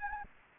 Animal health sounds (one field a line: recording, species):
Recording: mosquito wingbeat signal from an infrared sensor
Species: Anopheles arabiensis